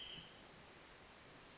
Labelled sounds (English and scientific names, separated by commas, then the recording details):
Western Flycatcher (Empidonax difficilis)
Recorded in Sonoma County, California